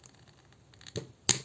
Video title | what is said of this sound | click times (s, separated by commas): Newage Ymir Review | yeah until it snaps | 1.3 s